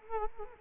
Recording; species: mosquito wingbeat signal from an infrared sensor; Culex quinquefasciatus